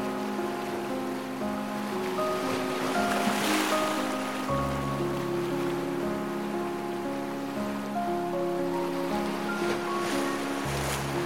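Slow, gentle piano plays sustained chords with deep bass notes that shift around the four- and eleven-second marks. Beneath it a steady hiss of ocean waves runs throughout, swelling into brighter washes near four seconds and again toward the end.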